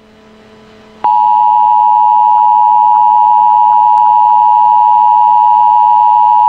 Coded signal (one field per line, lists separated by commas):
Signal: Emergency Alert System (SAME) tones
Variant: 853 and 960 Hz attention tone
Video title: EAS Scenario: SCP-096